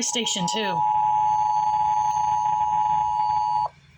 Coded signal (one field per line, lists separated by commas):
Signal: Emergency Alert System (SAME) tones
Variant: 853 and 960 Hz attention tone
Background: speech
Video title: SVR ON WTBN 102.9 FM EAS #2411